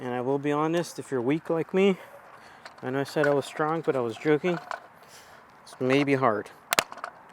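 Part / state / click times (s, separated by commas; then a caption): locking fuel filler door housing into the vehicle's fuel filler opening / seated / 6.7 s, 6.8 s. Someone talks while a locking fuel filler door housing is pressed by hand into the fuel filler opening of a new Jeep Wrangler. Two sharp snaps at 6.7 s and 6.8 s mark the housing seating, followed by a couple of fainter clicks. It is snapped into place and won't go anywhere.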